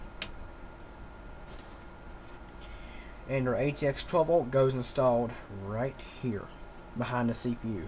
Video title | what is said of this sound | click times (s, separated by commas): How to build a PC - Science Fair Project for college | and it snaps right into place | 0.2 s